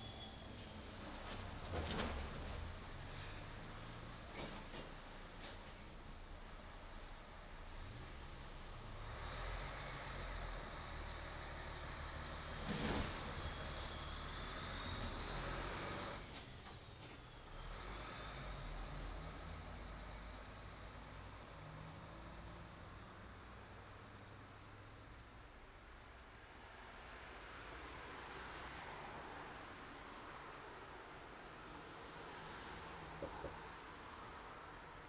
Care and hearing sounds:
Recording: everyday scene through a hearing-aid microphone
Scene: in traffic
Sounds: traffic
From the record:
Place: city secondary road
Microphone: in the ear canal, right

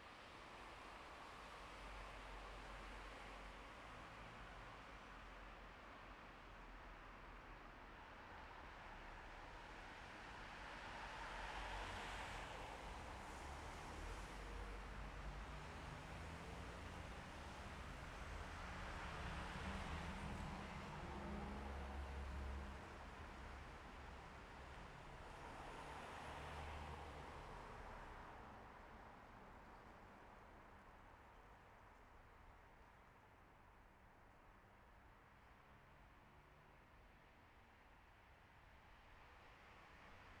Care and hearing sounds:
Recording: everyday scene through a hearing-aid microphone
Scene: in traffic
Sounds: traffic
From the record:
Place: bus stop on a city main road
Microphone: behind the ear, left, rear

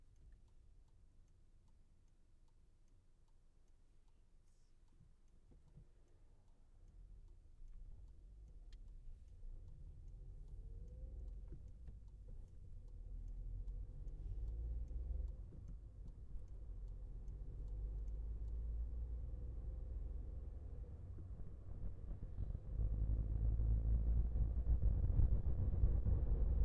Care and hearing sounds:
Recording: everyday scene through a hearing-aid microphone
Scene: in a vehicle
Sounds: engine, rumble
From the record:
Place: Skoda Fabia, gasoline engine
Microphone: behind the ear, left, front

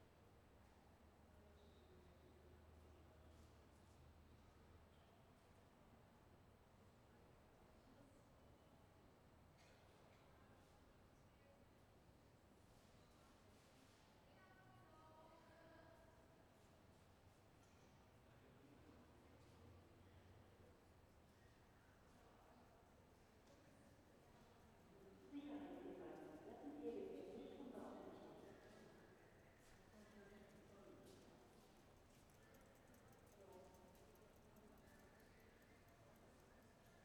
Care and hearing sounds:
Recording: everyday scene through a hearing-aid microphone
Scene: reverberant space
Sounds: background noise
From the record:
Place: railway station hall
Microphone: behind the ear, left, rear

